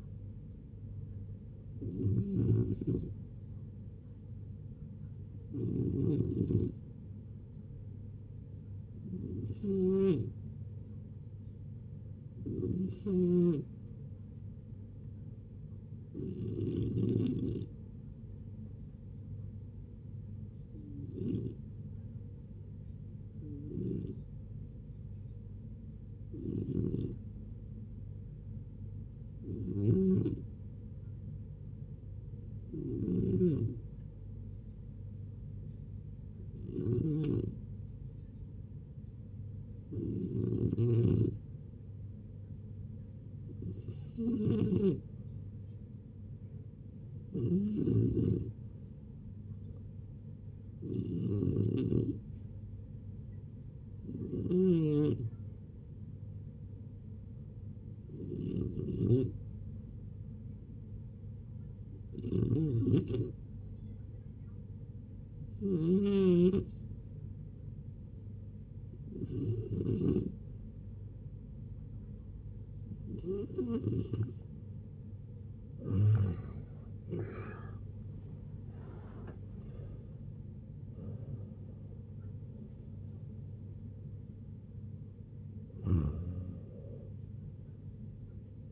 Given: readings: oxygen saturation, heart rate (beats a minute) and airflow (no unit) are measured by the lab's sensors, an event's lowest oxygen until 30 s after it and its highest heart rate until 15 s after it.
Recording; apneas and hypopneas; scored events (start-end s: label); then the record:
a person awake in a sleep study, by a smartphone at the bedside; none
0.00-88.72 s: awake
0.00-88.72 s: awake
From the record:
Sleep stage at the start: awake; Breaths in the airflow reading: 33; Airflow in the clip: -0.8 to 0.7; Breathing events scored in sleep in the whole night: 496 in 5.4 hours asleep